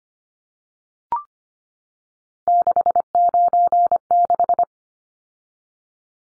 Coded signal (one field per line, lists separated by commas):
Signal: Morse code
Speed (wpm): 25 wpm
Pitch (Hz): 700 Hz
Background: none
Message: 696